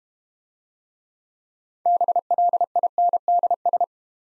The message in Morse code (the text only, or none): BLINDS